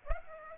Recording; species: mosquito wingbeat signal from an infrared sensor; Aedes aegypti